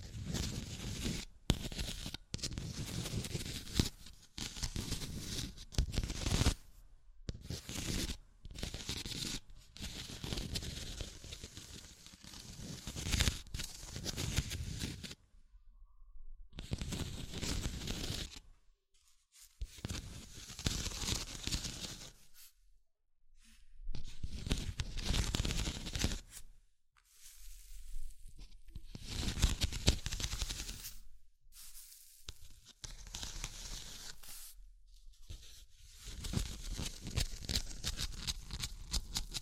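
Tapping, scratching and tracing sounds come in dense, rough bursts across the whole clip, broken by short dead-silent gaps every few seconds. The scratchy strokes run bright and gritty with a low rumble underneath, some passages sounding like tearing or scraping.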